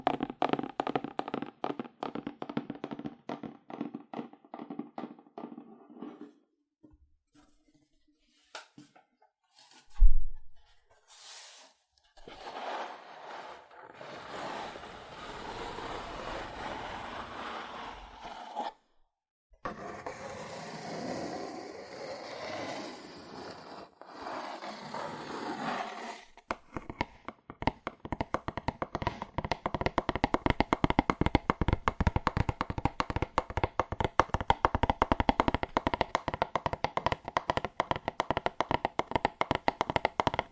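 Fast, aggressive tapping on cardboard in dense rapid bursts, broken by a loud thump near ten seconds and rougher scratchy stretches midway.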